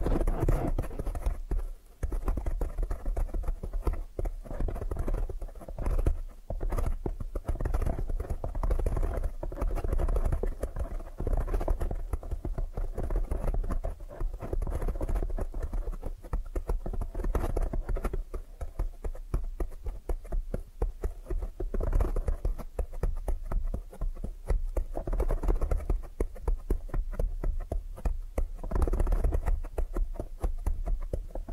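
Tapping triggers move through the half minute as a quick, dense patter of small soft taps, clustered and irregular like clip-clop or scurrying. A low, steady rumble sits underneath throughout, and the tapping keeps a fairly even loudness from start to finish.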